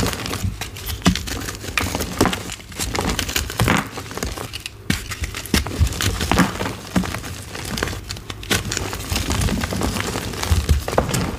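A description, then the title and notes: Gym chalk being crushed and crumbled, a dense run of dry crackling and crinkling that never stops for long. Sharp bright crunches break out irregularly, roughly every half second, over a steady gritty rustle with a low thump now and then. Random Gym Chalk Crushes.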